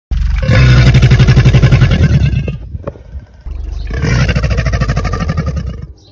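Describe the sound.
Black caiman bellowing: a loud, deep, throbbing growl in two long bursts of just over two seconds each, split by a short quieter gap.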